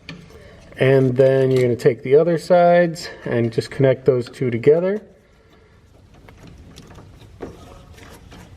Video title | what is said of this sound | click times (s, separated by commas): CUSTOM GLADIATOR REAR BUMPER LIGHTS - *Diode Dynamics SSC2 Pod Lights | to the truck, and you'll hear it click. | 0.1 s